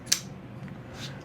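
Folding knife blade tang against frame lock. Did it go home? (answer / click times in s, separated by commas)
yes / 0.1 s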